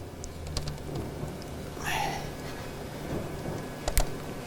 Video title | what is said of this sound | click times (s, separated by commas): 11-114 Enduro Engineering Radiator Brace | that snap - you'll hear a snap when that lock mechanism engages okay now | 4.0 s